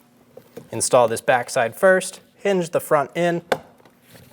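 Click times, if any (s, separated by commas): none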